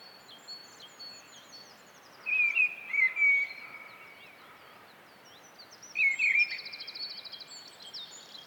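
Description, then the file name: Mistle thrush song: two loud fluted, warbling phrases separated by a pause of a few seconds, with rapid high twittering throughout. "British Library - Mistle Thrush Turdus viscivorus"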